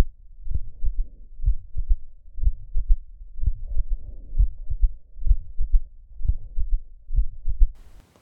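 Regular paired heart sounds at about 63 beats a minute in a boy of about five years, with a soft low humming murmur between them and a faint dull thud just after the second sound. This is an innocent Still's murmur with a third heart sound.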